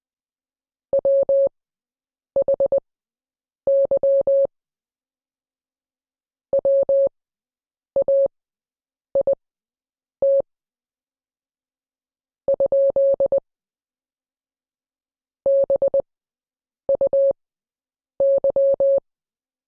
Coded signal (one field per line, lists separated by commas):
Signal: Morse code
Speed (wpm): 20 wpm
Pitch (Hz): 550 Hz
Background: none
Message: WHY WAIT ? BUY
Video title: Morse Code Class 08